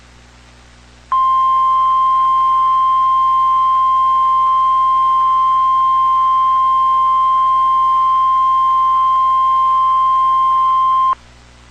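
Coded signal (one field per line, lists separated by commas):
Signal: Emergency Alert System (SAME) tones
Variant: 1050 Hz attention tone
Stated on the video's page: EAS alert for a severe thunderstorm warning, captured from the internet.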